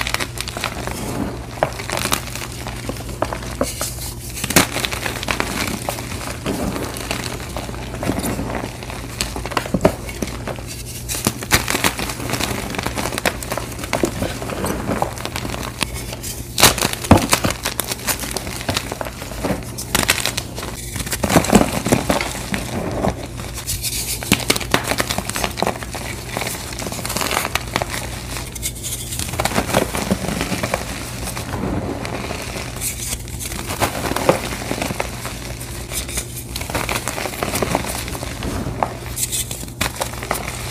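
Blocks of gym chalk being crushed, a continuous crumbly crackling with dense, irregular crunches throughout. Sharper snaps stand out now and then, notably around 17 and 21 seconds, over a steady low hum that runs underneath the whole time.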